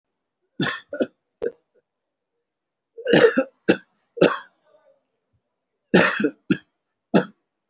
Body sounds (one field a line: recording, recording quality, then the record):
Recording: heavy voluntary cough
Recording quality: excellent, no background noise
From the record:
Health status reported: respiratory illness, not identified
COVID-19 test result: negative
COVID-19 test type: RT-PCR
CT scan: taken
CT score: 0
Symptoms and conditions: cough, cold, breathing difficulty, sore throat, chronic lung disease, another respiratory illness, hypertension, diabetes, ischaemic heart disease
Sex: male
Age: 67 years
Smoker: no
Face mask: worn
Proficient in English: no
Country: India